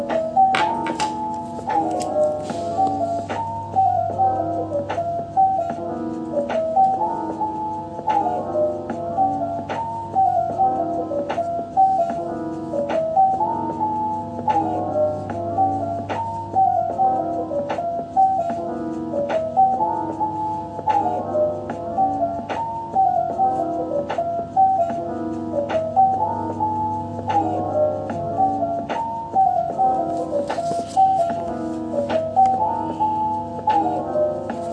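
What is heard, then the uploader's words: Background music plays steadily throughout: a mellow, repeating pattern of plucked notes on an even beat over a soft low bass that swells roughly every ten seconds. Faint scratchy scribbling shows up briefly near the start and again around thirty seconds. Bg music and scribbling sounds.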